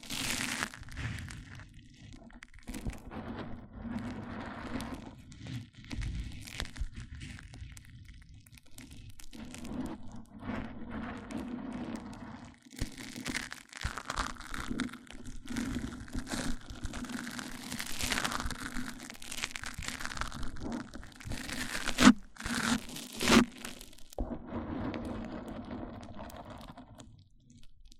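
Microphone-on-microphone triggers: dense crinkling, crunching and scratchy rubbing that shifts texture throughout, with a steady low hum underneath. Brighter, rougher stretches build from about 13 to 24 seconds, with sharp cracks around 22 seconds before it softens toward the end.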